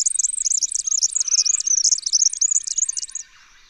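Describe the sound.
Red-backed fairywren singing a continuous, very high, rapid reeling trill of jumbled notes lasting about three seconds before stopping abruptly.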